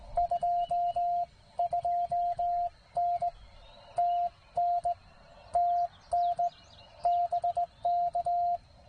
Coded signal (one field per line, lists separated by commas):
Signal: Morse code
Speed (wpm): 17 wpm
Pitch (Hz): 700 Hz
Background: none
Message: 22N TN TN BK